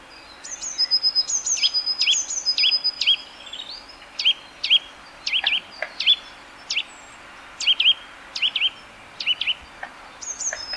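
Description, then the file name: Eurasian nuthatch calling in scattered short sharp notes, some paired or in small clusters, with high thin whistles at the start, spread irregularly throughout. "Sitta europaea"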